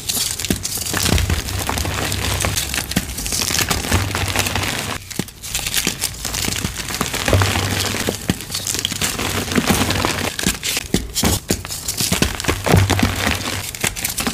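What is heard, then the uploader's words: Dyed, reformed gym chalk is crushed in a continuous run of crisp, crunchy crackles and crumbling grit, dense and irregular throughout. Sharper snaps stand out near five, eleven and thirteen seconds, with a low thump of handling underneath. Deep Blue *Crush Only* Gym Chalk Edit Compilation. A collection of deep blue dyed and reformed gym chalk crushes. Loud, crispy, crunchy asmr oddly satisfying gym chalk crushing sounds.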